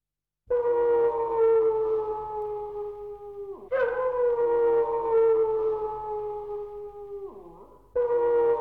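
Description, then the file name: Dog howling in long, steady, drawn-out tones of about three to four seconds each, each ending in a sharp drop in pitch before the next begins. "cani dog"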